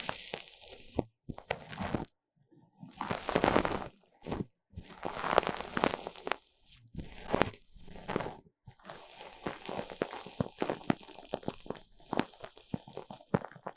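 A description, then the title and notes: Foam rubbed and squeezed against the ears, heard as bursts of crinkly, crunching rustle with short silent gaps between them. The bursts are bright and dense, strongest around the three to six second mark, then give way to quicker, lighter scratchy rubbing. 3Dio Foam and Tingly Ear Massage for Stress Relief. 耳朵泡沫按摩抒壓. NoTalking.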